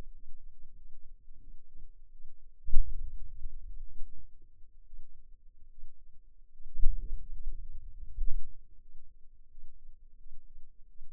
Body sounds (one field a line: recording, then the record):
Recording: forearm muscle sounds (acoustic myography)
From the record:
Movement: hand opening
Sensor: system 2, bracelet of six BSWA MPA416 microphones around the upper forearm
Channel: 6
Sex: female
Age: 23 years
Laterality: right